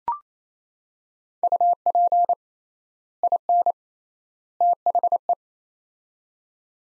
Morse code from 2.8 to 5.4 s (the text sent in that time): IN THE